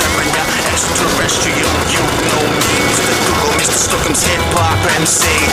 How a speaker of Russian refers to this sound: Мотоцикл останавливается около сельского магазина. Паренек глушит мотоцикл, слезает,